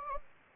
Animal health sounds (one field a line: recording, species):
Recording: mosquito wingbeat signal from an infrared sensor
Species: Anopheles gambiae